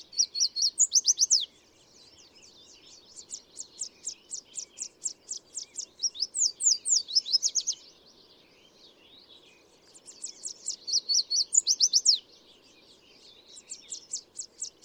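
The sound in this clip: Bird song of quick, high-pitched repeated notes building into loud trilled flourishes, phrases returning every few seconds.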